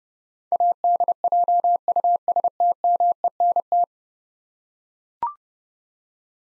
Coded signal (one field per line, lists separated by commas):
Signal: Morse code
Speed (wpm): 28 wpm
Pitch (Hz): 700 Hz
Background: none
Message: ADJUSTMENT